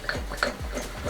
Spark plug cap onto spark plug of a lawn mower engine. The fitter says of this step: Il se clipse pas en fait.